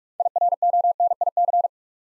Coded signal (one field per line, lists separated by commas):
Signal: Morse code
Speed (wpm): 44 wpm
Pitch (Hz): 700 Hz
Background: none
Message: IRONIC